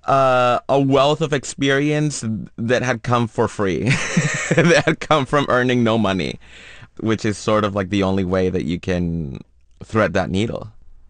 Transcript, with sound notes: a wealth of experience that had come for free (laughter), that come from earning no money, which is sort of, like, the only way that you can thread that needle.